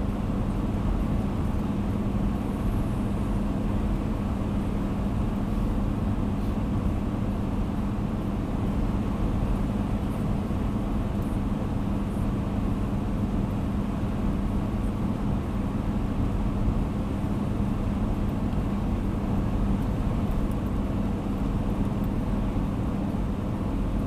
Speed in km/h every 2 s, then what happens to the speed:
103, 102, 102, 102, 102, 102, 102, 102, 102, 102, 101, 101.
0-24 steady at about 102.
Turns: none.